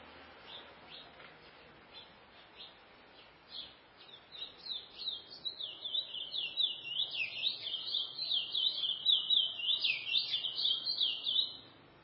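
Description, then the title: Chestnut-bellied seed finch: scattered high chirps build into a fast, sustained warbled song of rapidly sweeping notes lasting about eight seconds. "Canto De Curio"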